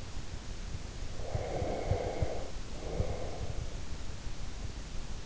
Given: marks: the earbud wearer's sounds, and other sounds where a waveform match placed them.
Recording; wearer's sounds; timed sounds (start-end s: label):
sounds in sleep by an in-ear microphone; breath
1.22-3.88 s: breath